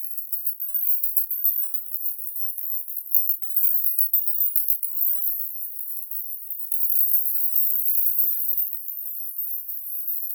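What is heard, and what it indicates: A faint, very high-pitched shimmering hiss plays steadily for about ten seconds, with no lower tones at all. It is a synthetic tinnitus masking sound, a 14 kHz distractor, meant to distract from ringing in the ears.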